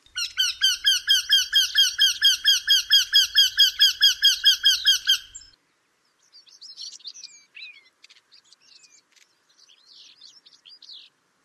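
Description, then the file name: Eurasian wryneck uttering a steady series of ringing, nasal notes for about five seconds, then soft twittering. "Wendehals"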